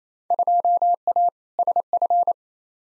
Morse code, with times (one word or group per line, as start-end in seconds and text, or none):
0.3-1.3 2A
1.6-2.3 SF